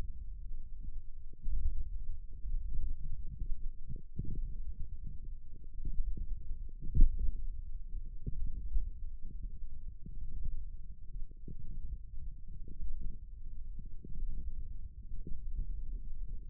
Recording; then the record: forearm muscle sounds (acoustic myography)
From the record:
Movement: thumb flexion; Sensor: system 1, eight BSWA MPA416 microphones around the upper forearm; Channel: 5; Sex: female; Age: 20 years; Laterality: right